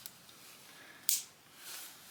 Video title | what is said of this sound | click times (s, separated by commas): 2012 DL650A Suzuki V Strom Adventure Installing Throttle Body | All right. That clicked into place. | 1.1 s